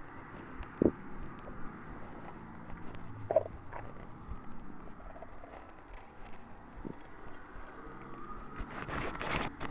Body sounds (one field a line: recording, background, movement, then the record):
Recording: deep breathing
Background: traffic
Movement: walking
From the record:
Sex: female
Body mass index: 21.8 kg/m2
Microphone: on the chest, facing the body